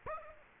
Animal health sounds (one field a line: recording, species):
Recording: mosquito wingbeat signal from an infrared sensor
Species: Aedes aegypti